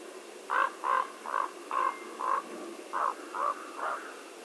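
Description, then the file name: Common raven uttering a quick run of about eight short, hoarse croaks. "Holló"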